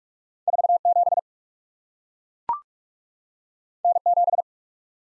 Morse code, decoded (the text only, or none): 47 N7